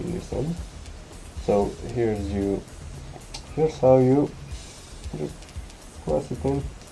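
A homemade T10-style LED bulb is handled and pressed toward a car's footwell or glove box lamp socket while someone talks over background music. Nothing has seated or clicked into the socket yet.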